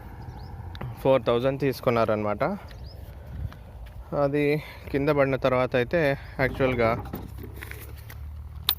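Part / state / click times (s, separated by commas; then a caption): steering side lock into motorcycle headstock / seated / 8.7 s. A motorcycle's handlebar is turned and its steering side lock engages into the headstock, on a crashed TVS Raider. Someone talks through most of the clip over low background noise, with a few faint ticks. Then a sharp, loud click at 8.7 s marks the lock seating.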